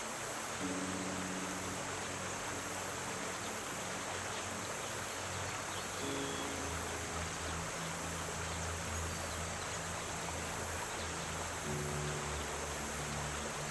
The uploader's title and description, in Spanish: el Sonido de la Corriente del RÍO y una MÚSICA Relajante. Sonido del río y música suave